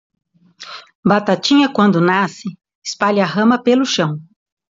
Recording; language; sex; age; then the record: short text; Brazilian Portuguese; female; 40 to 49 years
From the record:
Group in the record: control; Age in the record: 47 years